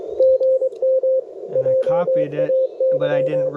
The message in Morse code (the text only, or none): GM JAY